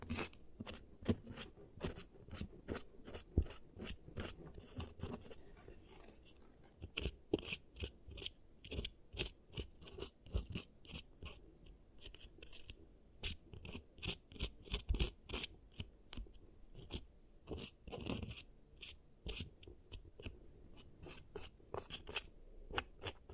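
Giant teeth treatment sounds: dense, irregular clicks, taps and snipping scrapes repeat rapidly throughout, with rough rasping rubs and occasional louder crunchy hits.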